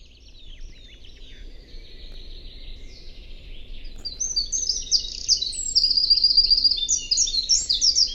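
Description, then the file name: Eurasian wren song: a soft, high twittering opening that swells after four seconds into a loud, very rapid run of trills and sharp notes, with steady low background hiss. "Troglodytes troglodytes"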